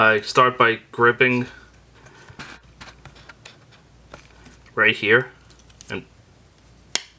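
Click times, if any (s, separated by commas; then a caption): 6.9 s. Someone talks while gripping a plastic section of a KFC CST-02J Ironpaw (aka Steeljaw) transforming robot figure and pulling it during transformation, with faint handling taps in between. A single sharp, loud snap at 7.0 s is the plastic peg joint snapping free, releasing the section.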